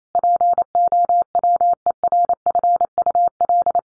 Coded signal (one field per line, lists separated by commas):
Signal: Morse code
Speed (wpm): 28 wpm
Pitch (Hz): 700 Hz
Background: none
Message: POWERFUL